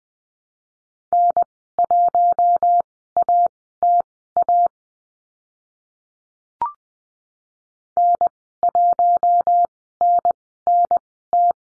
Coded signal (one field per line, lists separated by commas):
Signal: Morse code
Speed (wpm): 20 wpm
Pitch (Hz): 700 Hz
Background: none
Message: N1ATA N1NNT